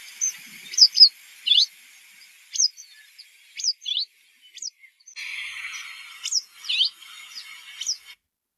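Common Rosefinch calls: clear, high whistled notes slurring up and down, given singly or in quick pairs, with a stretch of hiss in the second half.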